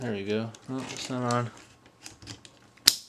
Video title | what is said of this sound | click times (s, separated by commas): Transformers Shadow Commander Set Review | There we go. You hear a click? You're doing something right. | 2.9 s